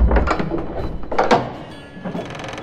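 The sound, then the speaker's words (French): The door to the Radio Anime office is handled and opened: a few loud mechanical clunks and thumps from the latch, followed by a softer rattling, with no voices. “Voilà, j'y suis, c'est cette porte.”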